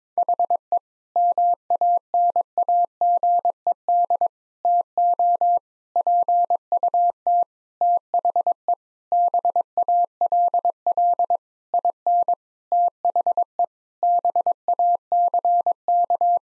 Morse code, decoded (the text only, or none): HE MANAGED TO PUT THE BALL IN THE BACK